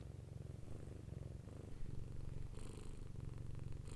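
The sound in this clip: Domestic cat giving a steady, deep purr, with soft breathy hisses in the second half.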